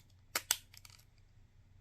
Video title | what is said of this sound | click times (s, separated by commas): studio series 100 bumblebee ‼️‼️‼️‼️ review‼️😄‼️😄‼️ | and they clip in nicely in place. | 0.4 s, 0.5 s